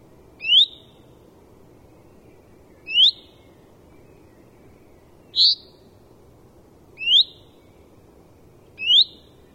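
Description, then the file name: Common Chaffinch repeating a single sharp, upslurred call note five times, about every two seconds, steady and evenly pitched, with faint low background hiss. "Fringilla coelebs"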